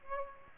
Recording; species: mosquito wingbeat signal from an infrared sensor; Aedes aegypti